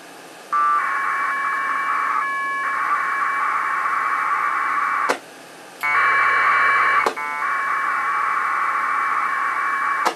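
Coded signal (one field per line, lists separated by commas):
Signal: packet radio (AX.25, as in APRS)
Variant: 1200 baud AFSK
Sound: three long raspy warbling data bursts, each starting with a buzzy preamble, separated by clicks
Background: radio static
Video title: HTTP over IP over AX.25 Packet Radio at 1200 Baud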